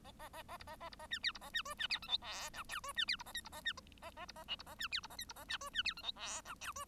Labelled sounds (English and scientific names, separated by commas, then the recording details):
Bengalese Finch (Lonchura striata domestica) song
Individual Bird1